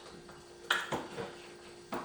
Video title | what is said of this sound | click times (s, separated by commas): BMW F900XR Air Filter Replacement | pop it in push down until it snaps | 0.7 s